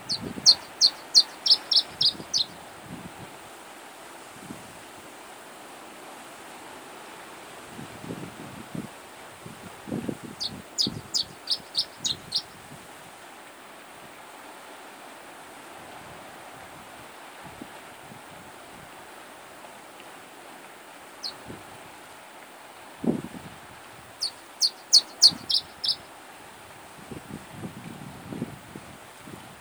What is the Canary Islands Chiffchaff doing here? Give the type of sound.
song